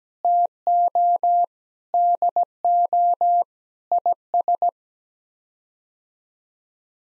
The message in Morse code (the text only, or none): TO DO IS